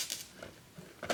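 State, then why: Not seated. A rear landing gear wire strut for an ESKY Eagles 1100mm RC plane is being handled at its foam fuselage mount, where it will be pushed past a small retaining tab. Brief light taps and clinks are heard, with a sharp one at 0.1 s and a louder burst near the end. Nothing has seated or clicked yet.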